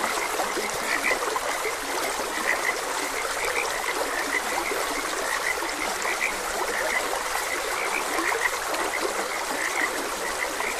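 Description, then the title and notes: Continuous frog chorus with many brief croaks spread throughout, backed by a steadily running stream. Frogs croaking beside a gentle stream. "Gentle Stream and Frogs Croaking. Sleep and Relaxation Podcast"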